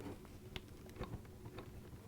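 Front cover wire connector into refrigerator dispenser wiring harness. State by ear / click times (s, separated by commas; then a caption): not seated / none. A front cover's plastic wire connector is handled as it is plugged into a refrigerator dispenser's existing wiring harness. Light plastic tapping and rustling is heard, with a sharp tick at about 0.6 s and a softer knock near 1.0 s. The connector has not locked in yet, and nothing has seated or clicked by the end.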